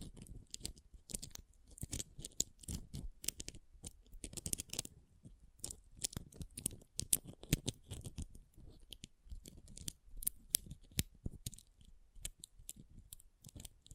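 Pom pom tingles: dense, irregular crisp snips and scratchy crunches, rapid bright clicks over soft low rustling throughout, with no pauses.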